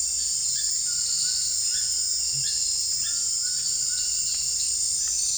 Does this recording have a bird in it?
no